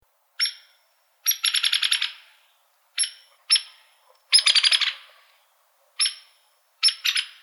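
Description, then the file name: Hairy woodpecker giving sharp, high single peek notes mixed with quick chattering rattles of several notes, spaced irregularly over a quiet background. Calls recorded in Arizona on 5 February 2007. "HAWO CALLS. deviche"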